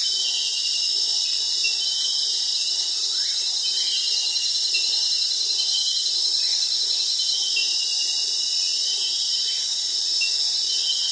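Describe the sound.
Crickets keep up a constant shrill trilling chorus in stacked layers, with faint soft rising chirps scattered beneath.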